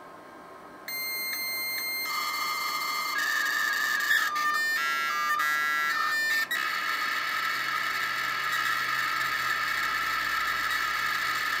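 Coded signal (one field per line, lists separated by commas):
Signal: dial-up modem handshake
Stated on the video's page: Dial-up modem call through a home setup using a Cisco router dial-up server, 3CX VOIP server and Grandstream ATAs.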